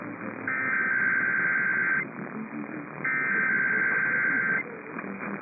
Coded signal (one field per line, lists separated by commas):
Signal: Emergency Alert System (SAME) tones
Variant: header bursts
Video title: Early August Weekend of Tests (EAS #27708-27715) 8/2-4/25